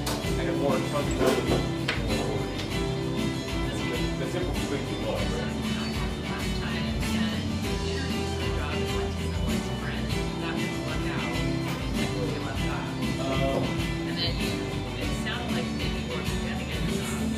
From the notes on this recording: café sounds from a little drip coffee joint in eastern Seattle